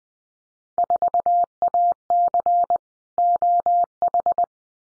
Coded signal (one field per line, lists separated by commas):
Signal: Morse code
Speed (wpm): 20 wpm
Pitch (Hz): 700 Hz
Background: none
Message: 4AC OH